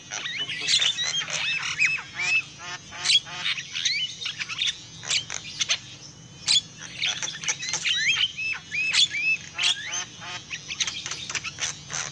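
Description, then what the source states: Lovebirds give bursts of high squeaky calls and upslurred chirps in clumps, separated by brief quieter gaps, over a soft background hum. Lure call used for trapping lovebirds.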